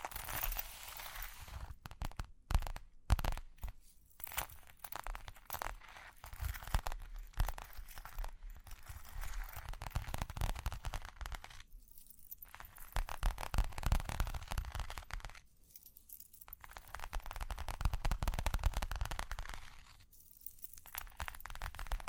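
Dense, crackly scratching and rubbing fills most of the clip, with rapid clicks and crinkling textures running almost continuously. The sound thins out briefly around 3, 12, 16 and 20 seconds before the busy scratching resumes, with occasional sharper taps.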